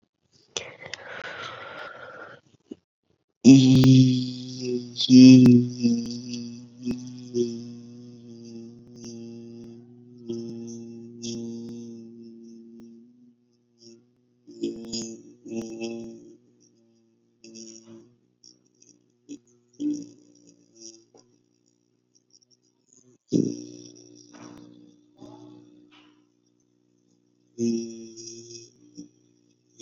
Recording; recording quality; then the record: sustained vowel as in beet; excellent, no background noise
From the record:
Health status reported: COVID-19 positive, no symptoms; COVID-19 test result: positive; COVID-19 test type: RT-PCR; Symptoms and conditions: fatigue, muscle pain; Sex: male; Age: 23 years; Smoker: yes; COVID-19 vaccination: both doses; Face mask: not worn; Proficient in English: yes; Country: India